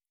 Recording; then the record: hydrophone in a shrimp aquaculture tank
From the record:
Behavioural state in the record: normal